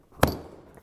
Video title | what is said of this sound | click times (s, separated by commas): Which Jeep is More Reliable for a 3,500 Mile Roadtrip? | with it this will snap right onto the new spacer | 0.2 s